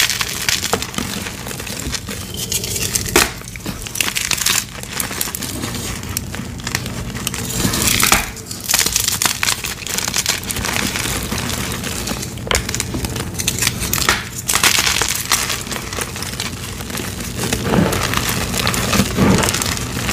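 Blocks of gym chalk are crushed nonstop, a dense, gritty crackling and crunching that never pauses. Sharper, louder crunches break through every few seconds, around 3, 8, 12, 14, 18 and 19 seconds. A faint steady low hum sits underneath throughout.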